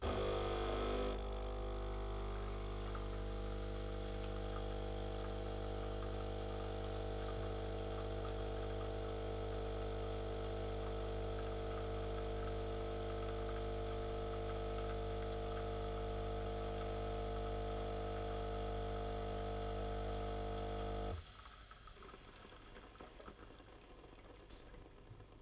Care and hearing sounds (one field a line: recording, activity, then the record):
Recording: daily activity, microphone in the room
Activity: make coffee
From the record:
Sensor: 4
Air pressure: 991.6 hPa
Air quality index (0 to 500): 136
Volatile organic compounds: 54 ppm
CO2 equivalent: 3342 ppm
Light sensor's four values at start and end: 17/54/20/20 and 19/62/23/24